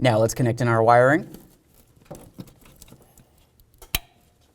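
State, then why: Seated. Someone talks, then a wiring harness connector is pushed into the distributor of a 1994–2004 Chevy S-10, with light handling noises from about 2.1 to 3.8 s. A sharp click at 4.0 s marks the connector seating, and it is then wiggled to check that it won't fall out.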